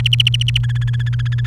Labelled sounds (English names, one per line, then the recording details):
Domestic Canary song
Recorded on 29 April 2018 at 08:41
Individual llb3